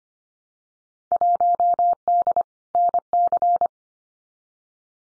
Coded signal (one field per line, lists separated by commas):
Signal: Morse code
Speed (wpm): 25 wpm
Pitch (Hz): 700 Hz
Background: none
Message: 1D NC